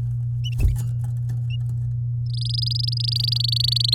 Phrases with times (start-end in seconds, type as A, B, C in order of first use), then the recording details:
2.26-3.94 A. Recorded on 9 May 2018 at 11:13. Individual llb16